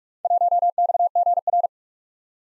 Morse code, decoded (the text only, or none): 1XGR